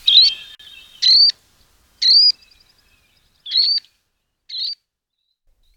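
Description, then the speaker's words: Least Sandpiper giving five short, high trilled calls; otherwise quiet. Call described as short and trilled. "Look for singles and small groups popping up from the salt marsh interiors with their short, trilled calls."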